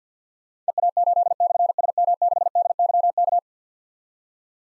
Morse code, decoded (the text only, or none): EA8/SM6DYK